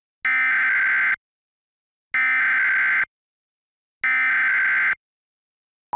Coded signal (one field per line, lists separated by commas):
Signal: Emergency Alert System (SAME) tones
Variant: header bursts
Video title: EAS FRIDAYS - Time-Bomb Square